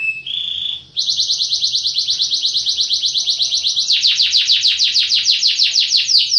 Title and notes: Suara Burung Kenari Masteran. master suara burung kenari mantap